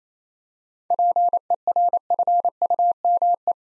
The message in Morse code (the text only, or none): PERFUME